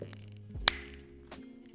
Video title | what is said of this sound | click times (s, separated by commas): How to Change Battery in Citizen Snap Watch | is to push very hard until it snaps. | 0.7 s